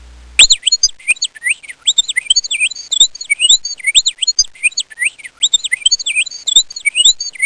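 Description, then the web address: Bird chirping call, a loud, fast run of high swooping notes that slide up and down, repeated steadily for several seconds with no other sounds. "Soundsation. Animals Birds"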